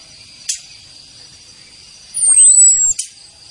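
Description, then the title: Orange-headed thrush: a single long, thin whistle sliding downward, preceded by a sharp click, over a faint constant hum. Female whistles and chattering calls used to make the thrush sing vigorously. "Anis Kembang Gacor. Suitan betina dan kretekan bikin anis kembanganis merah GACOR"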